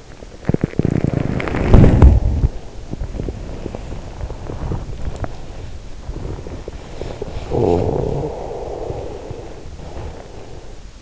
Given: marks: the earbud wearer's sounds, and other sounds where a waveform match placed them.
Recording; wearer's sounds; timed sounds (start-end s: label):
sounds in sleep by an in-ear microphone; body movement, talking in sleep
0.00-11.02 s: body movement
6.99-9.57 s: talking in sleep